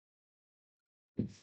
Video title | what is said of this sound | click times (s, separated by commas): live chat and fixing :: only fans | get that clicked back in | 1.2 s